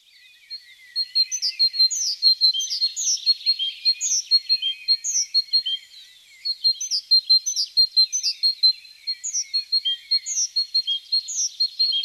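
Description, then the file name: Great tit calls: a busy run of short, high chirps and tinny notes. "Parus major"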